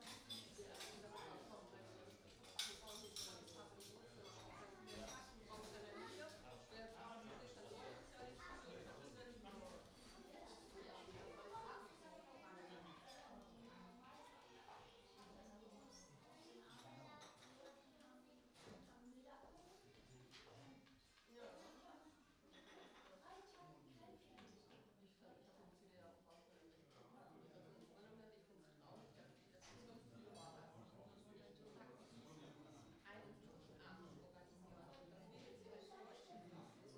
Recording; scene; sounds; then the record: everyday scene through a hearing-aid microphone; many people talking; many voices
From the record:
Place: parish hall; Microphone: in the ear canal, right